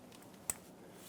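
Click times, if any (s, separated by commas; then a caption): 0.5 s. A wiring harness connector is slid over the engine knock sensor plug on a 2012–2017 Toyota Camry 2.5L L4 until it latches. After a faint tick at 0.2 s, one sharp, bright click at 0.5 s stands out above a steady low background. The connector is confirmed seated.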